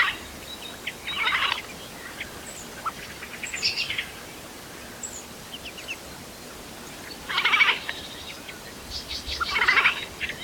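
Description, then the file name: Eurasian jay giving harsh, grating screeches in scattered bursts, with fainter short chirps between them and a steady hiss underneath. "Garrulus glandarius"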